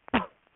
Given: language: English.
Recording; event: throat vibration sensor signal played as sound; cough